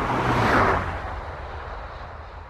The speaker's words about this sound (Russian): В свете праздничных витрин мимо Вики проносятся машины.